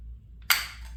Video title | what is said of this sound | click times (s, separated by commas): Let's build a High Output Quad 4 E6 | where clicks into place Perfect all right at that point the motor's in time | 0.4 s